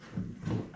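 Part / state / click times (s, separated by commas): jig end piece into clamp rail / not seated / none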